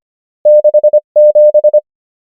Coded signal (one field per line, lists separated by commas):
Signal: Morse code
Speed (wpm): 25 wpm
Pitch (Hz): 600 Hz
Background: none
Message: 67